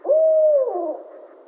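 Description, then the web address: Barred owl giving a single loud hoot, held steady then sliding down into a drawn-out, wavering fall at the end. On 28 July 2011. "Barred Owl 2011 07 28 Barred Owl"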